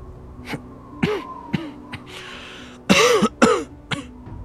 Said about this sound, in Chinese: 寒风过，寒夜低低咳嗽